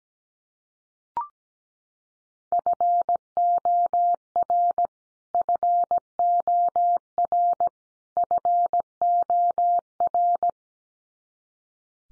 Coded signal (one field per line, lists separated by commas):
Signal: Morse code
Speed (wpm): 17 wpm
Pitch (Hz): 700 Hz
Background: none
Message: FOR FOR FOR